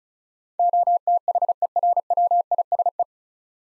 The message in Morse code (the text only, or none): OTHERWISE